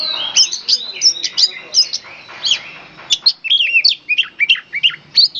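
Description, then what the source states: Oriental magpie-robin song: rapid run of loud, varied whistled notes, rising and falling sweeps and short chirps tumbling together with brief pauses between phrases. National first-place champion songbird, described as singing loudly and persistently ('gacor').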